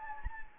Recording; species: mosquito wingbeat signal from an infrared sensor; Anopheles gambiae